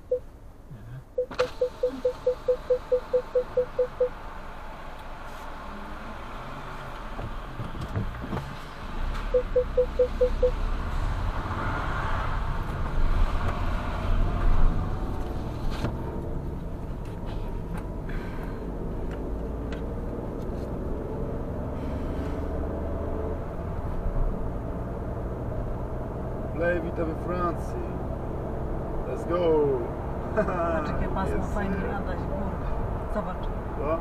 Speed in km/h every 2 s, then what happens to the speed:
0, 0, 0, 0, 0, 5, 22, 32, 40, 48, 59, 67, 67, 70, 74, 78, 80.
0-8 standing. 8-34 pulls away to 80.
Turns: none.